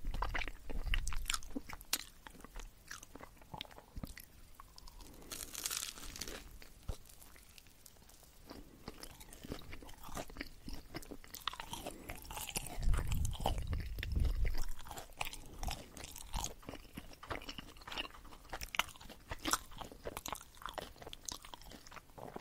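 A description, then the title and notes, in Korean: Crunchy bites of a hot dog fill the clip, with sharp crackling snaps coming in quick irregular bursts throughout. Wet chewing and smacking sounds sit between the crunches, and a heavier low thump-like stretch of chewing stands out around the thirteen-second mark. 바삭바삭 핫도그 이팅 사운드.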